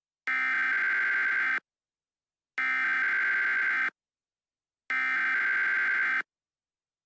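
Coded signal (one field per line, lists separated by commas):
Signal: Emergency Alert System (SAME) tones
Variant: header bursts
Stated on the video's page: Fictional tornado alert scenario made with software.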